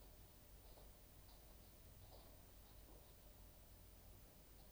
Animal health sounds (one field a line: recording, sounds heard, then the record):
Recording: poultry house recording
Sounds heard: no chicken sound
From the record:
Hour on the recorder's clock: 22